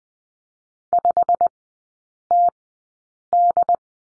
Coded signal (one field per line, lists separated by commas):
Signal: Morse code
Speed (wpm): 20 wpm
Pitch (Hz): 700 Hz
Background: none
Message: 5TD